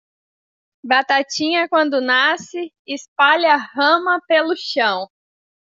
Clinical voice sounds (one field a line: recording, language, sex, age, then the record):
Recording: short text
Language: Brazilian Portuguese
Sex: female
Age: 20 to 29 years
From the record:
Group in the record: control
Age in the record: 25 years